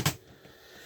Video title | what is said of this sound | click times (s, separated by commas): Swift Sundance 644SD | Again, making sure that you hear the click. | 0.1 s